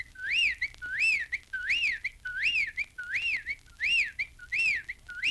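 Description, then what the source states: Eastern Whip-poor-will song: a clear whistled three-part phrase, rising then falling, repeated steadily about once every 0.7 seconds, eight phrases in all. Whip-poor-will in Florida's wilderness.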